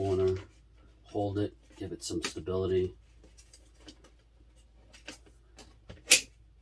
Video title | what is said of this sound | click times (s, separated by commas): How to video guide for building or assembling stackable Sneaker / Shoe Organizer Storage Boxes | Heard that click? Nice and secure. | 6.1 s